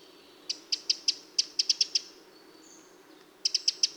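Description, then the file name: Eurasian wren calls: hard, high ticking notes in a quick series of about nine, a short pause with faint thin whistles, then another rapid burst of ticks. "Troglodytes troglodytes"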